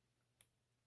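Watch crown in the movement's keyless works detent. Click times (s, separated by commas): 0.4 s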